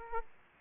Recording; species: mosquito wingbeat signal from an infrared sensor; Aedes aegypti